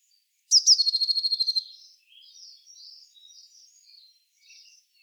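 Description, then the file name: Eurasian blue tit giving a fast, high churring trill of about a dozen notes, followed by faint scratchy high twitters. "Cyanistes caeruleus"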